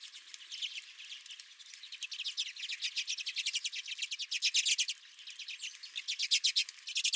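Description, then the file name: Redpolls chattering, starting softly and building into loud, fast runs of twittering notes. Redpolls calling at the recordist's feeder. "Redpolls at My Feeder"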